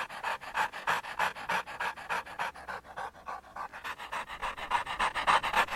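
Dog panting in a steady fast rhythm, roughly three and a half breaths per second, breathy and continuous throughout.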